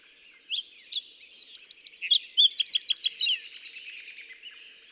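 Fox sparrow singing a varied, musical phrase: two short notes, a falling whistle, then a series of rapid, rich notes, lasting about three seconds.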